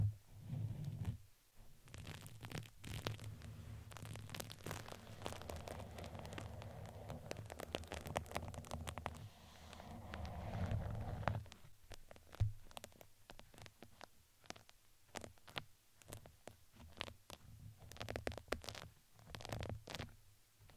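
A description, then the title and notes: Dense crinkling and brushing of plastic, paper and similar materials, with sharp clicks and scratches scattered throughout. The handling is busiest in the first twelve seconds over a low steady hum, then thins into sparser, separate taps and rustles. Sleepy Satisfying Sounds ASMR • NO Talking • Crinkles, Plastic, Brush, Silicone, Glass, Paper.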